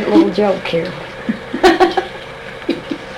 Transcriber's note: laughter